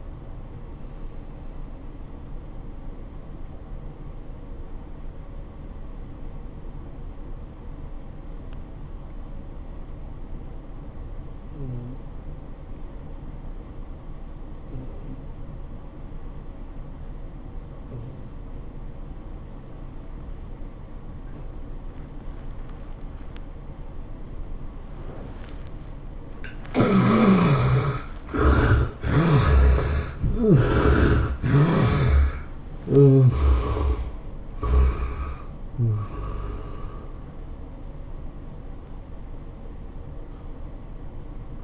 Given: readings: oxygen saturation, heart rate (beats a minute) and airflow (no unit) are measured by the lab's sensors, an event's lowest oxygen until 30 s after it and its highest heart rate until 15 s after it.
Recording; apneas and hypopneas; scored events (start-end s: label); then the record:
breathing in sleep by a smartphone at the bedside; 1
5.00-27.10 s: obstructive apnea (N1, oxygen 96% highest, then 69% lowest, heart rate 81 at the start, 104 highest)
9.00-41.64 s: new sleep stage, N2 (light sleep)
From the record:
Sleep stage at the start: N1 (lightest sleep); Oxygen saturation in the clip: 72 to 96%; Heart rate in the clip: 71 to 104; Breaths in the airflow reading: 4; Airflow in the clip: -18.0 to 12.3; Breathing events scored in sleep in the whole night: 403 in 5.5 hours asleep